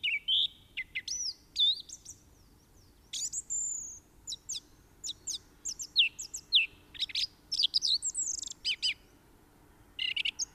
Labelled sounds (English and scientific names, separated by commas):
Song Thrush (Turdus philomelos) song